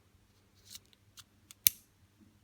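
The metal emergency key blade of a VW Touareg key fob is slid back into the fob, with faint scraping and small ticks from about 0.6 to 1.5 s. It latches with a single sharp click at 1.7 s, and the blade is seated.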